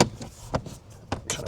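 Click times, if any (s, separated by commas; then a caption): 0.0 s, 1.1 s, 1.3 s. After a HEPA cabin air filter is installed in a 2026/2027 Cybertruck Standard AWD, the plastic interior trim cover is put back on and pushed at each clip location into the dashboard panel. Sharp clicks at 0.0, 1.1 and 1.3 seconds are heard among a few other short knocks, and the trim panel clips click in and seat.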